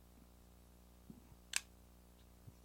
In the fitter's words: You can almost hear it snap.